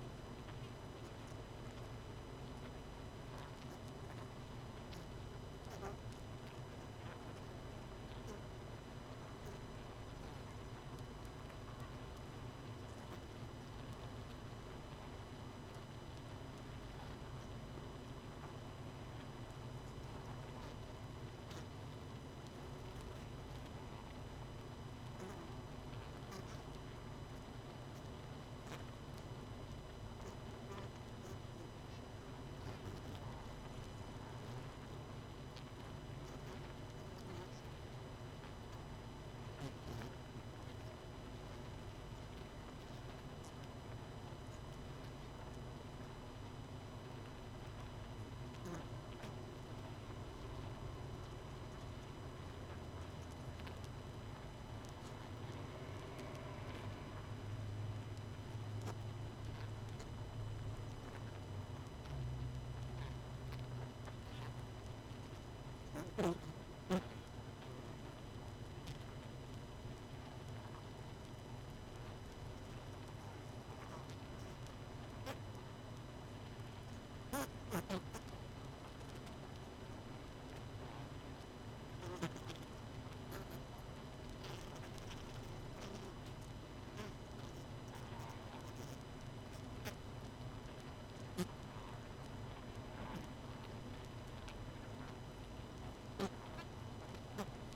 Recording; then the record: honeybee colony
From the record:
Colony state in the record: missing queen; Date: 31 May 2018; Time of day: 21:30